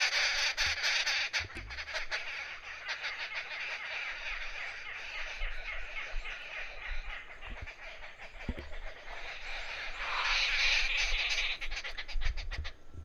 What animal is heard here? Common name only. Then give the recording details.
Arrow-marked Babbler. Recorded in northern Uganda